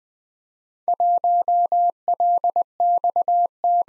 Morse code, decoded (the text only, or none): 1LXT